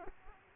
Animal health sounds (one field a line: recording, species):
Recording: mosquito wingbeat signal from an infrared sensor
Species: Aedes aegypti